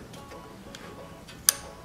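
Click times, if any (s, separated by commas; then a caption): 1.5 s. A choke part on a Kawasaki small-engine carburetor is laid flat and pushed into its slot in the choke mechanism over low background noise and a few faint ticks. It snaps into place with one sharp click at 1.5 s, seated so the choke works properly and no longer sticks.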